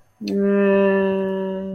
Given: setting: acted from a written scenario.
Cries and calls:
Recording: vocal sound without words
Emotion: confusion

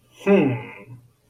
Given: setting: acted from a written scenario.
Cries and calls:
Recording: vocal sound without words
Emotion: pride

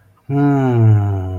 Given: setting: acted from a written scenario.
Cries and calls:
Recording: vocal sound without words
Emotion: ecstasy

